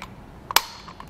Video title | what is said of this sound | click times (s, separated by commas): etrailer - Thule Wingbar Evo Roof Rack Installation - 2019 Ram 2500 | just going to go up into this channel right here and all we have to do is push up until you hear a click just | 0.6 s